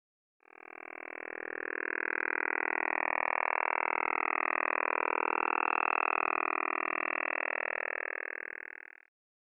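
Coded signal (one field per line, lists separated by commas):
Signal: radar signal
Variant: Kontayner OTH radar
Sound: steady rapid buzzing pulse train with swishing sweeps across the band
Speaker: so I thought I'd make a video explaining what it is that they're likely hearing the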